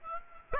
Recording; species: mosquito wingbeat signal from an infrared sensor; Aedes aegypti